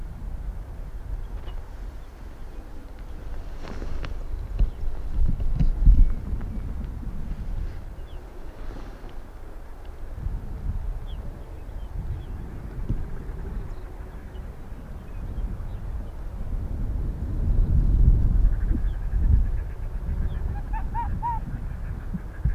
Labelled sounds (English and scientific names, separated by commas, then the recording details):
Arctic Fox (Vulpes lagopus)
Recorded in the wild
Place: Insel Mednyi, Kommandeur-Inseln, RU
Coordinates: 54.5167, 168.083
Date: 1999-06-26 17:15
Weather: 8°C, kein Nebel, leichter Westwind
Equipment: Sony WM-D6C, Sennheiser ME 80, K 30 AV, Windkorb, Kopie Sony TCD-D8
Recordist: Jakupi, Antje